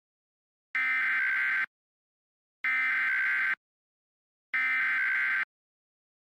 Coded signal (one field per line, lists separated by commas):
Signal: Emergency Alert System (SAME) tones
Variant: header bursts